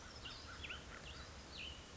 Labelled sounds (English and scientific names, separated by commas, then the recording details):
Cassin's Vireo (Vireo cassinii)
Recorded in Sonoma County, California